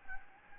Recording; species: mosquito wingbeat signal from an infrared sensor; Anopheles gambiae